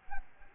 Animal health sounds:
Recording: mosquito wingbeat signal from an infrared sensor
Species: Aedes albopictus

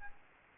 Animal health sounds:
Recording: mosquito wingbeat signal from an infrared sensor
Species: Aedes albopictus

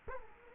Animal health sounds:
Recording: mosquito wingbeat signal from an infrared sensor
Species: Culex quinquefasciatus

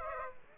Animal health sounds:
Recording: mosquito wingbeat signal from an infrared sensor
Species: Aedes aegypti

